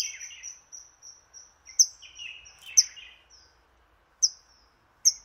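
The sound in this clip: High thin bird whistles in a series, overlapped by lower warbling, then a few isolated sharp whistled notes after a short gap.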